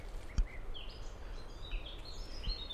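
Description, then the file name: Common blackbird song, a brief burst of high, varied whistled notes and twitters with a couple of soft knocks, over low background rumble. "merle"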